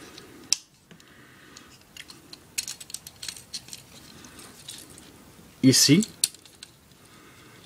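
A plastic part of a transforming toy robot figure is handled and pushed toward its clip slot, giving small plastic taps and clicks around 0.5 s and between 2.6 and 3.5 s, and a brief louder rustle near 5.7–6.0 s. Someone talks briefly. Nothing has seated or clicked into place yet.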